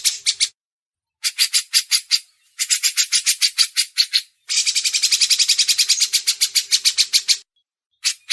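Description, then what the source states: Grey-cheeked bulbul chatter in clipped bursts of quick, gritty pulses, the longest run lasting about three seconds before stopping abruptly. Masteran (tutor song for training songbirds).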